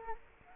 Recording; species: mosquito wingbeat signal from an infrared sensor; Culex quinquefasciatus